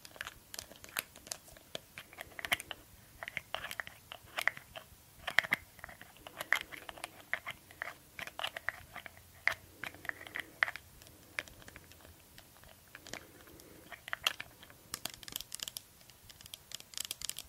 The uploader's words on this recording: ASMR 30 Mins of Glass Dropper Bottle & Lid Sounds for Tingles - tapping, no talking.